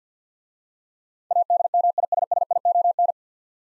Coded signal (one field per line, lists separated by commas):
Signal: Morse code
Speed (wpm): 50 wpm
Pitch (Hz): 700 Hz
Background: none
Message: ADMISSION